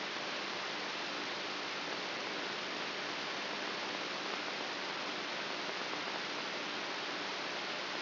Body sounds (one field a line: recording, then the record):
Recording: brain microelectrode recording played as sound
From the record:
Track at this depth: inside the subthalamic nucleus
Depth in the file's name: 4.44 mm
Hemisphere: right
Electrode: 3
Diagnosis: Parkinson's disease